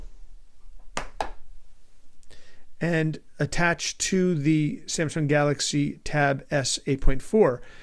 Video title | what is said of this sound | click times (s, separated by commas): Samsung Galaxy Tab S 8.4 Simple Cover | and these actually click right into place | 1.0 s, 1.2 s